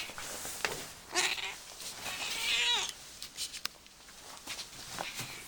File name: cat